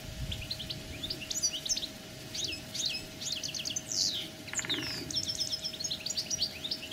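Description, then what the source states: Common linnet song, a fast continuous run of thin twittering and chirping notes over a noisy outdoor background with a steady hum. Wild-caught linnet singing as a decoy bird, pure field-style decoy song, Spanish Silvestrismo wild-bird keeping.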